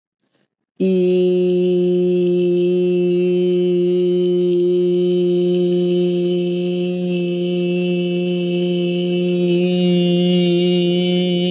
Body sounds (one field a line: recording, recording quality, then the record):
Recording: sustained vowel as in beet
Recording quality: excellent, no background noise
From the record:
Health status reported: COVID-19 positive, mild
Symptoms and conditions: none ticked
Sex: male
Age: 24 years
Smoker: not ticked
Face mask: not worn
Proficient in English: yes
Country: India